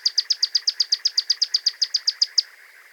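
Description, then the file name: Pyrrhuloxia song, a fast run of many sharp, identical notes, ending abruptly, with a quiet background. Call and song. "suara call song burung pyrrhuloxia omkicau"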